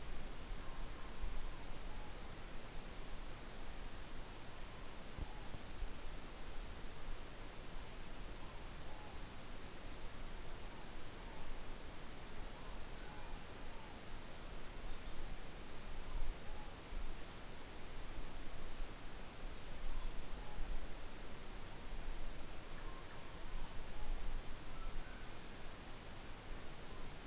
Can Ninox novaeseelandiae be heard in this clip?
yes